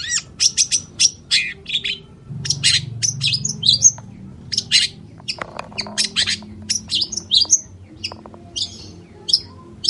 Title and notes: Cendet Gacor Dor Di Kala Pagi Toet Toet Variasi Suara. PANCINGAN CENDET MALAS BUNYI CENDET MACET CENDET STRESS CUKUP 3 DETIK BAKALAN NYAUT BUNYI. Burung cendet